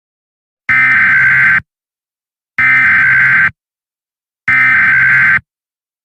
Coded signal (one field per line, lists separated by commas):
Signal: Emergency Alert System (SAME) tones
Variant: header bursts